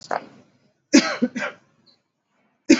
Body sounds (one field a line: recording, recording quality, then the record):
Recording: heavy voluntary cough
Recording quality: excellent, no background noise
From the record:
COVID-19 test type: RT-PCR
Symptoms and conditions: cough, cold, fever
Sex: male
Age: 27 years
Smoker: no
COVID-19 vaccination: both doses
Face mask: worn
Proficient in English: yes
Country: India